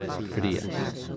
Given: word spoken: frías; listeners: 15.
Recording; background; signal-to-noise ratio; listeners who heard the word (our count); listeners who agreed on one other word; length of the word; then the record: one Spanish word in noise, from a listening test; eight-talker babble; 0.6 dB; 1 of 15; 6 of 15; 0.77 s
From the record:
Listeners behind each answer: 6, 2, 1, 1, 1, 1, 1, 1, 1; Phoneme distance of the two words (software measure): 10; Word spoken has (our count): 2 syllables, 5 phonemes, stress on syllable 1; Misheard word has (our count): 2 syllables, 5 phonemes, stress on syllable 1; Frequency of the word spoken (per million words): 10.32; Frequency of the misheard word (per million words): 3.19